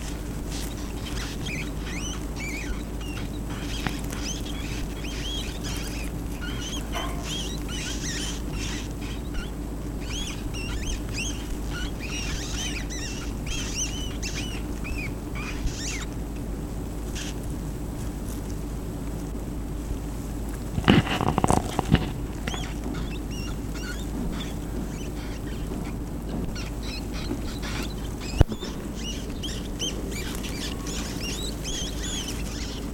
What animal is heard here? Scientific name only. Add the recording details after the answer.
Rattus norvegicus. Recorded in captivity. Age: juvenile. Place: Zoologisches Institut der HUB, Berlin, DE. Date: 1965-08-06. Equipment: R 21, Kondensatormikro M 21a. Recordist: Altmann, Dagmar